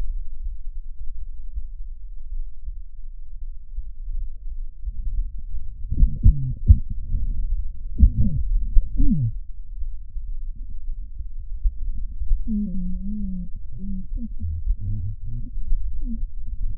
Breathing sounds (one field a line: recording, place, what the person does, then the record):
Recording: lung sounds by stethoscope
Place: left anterior apical chest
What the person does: quiet breathing, then cough and speech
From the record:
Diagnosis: interstitial lung disease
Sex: male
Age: 82 years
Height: 158 cm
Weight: 49 kg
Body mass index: 19.6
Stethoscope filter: bell mode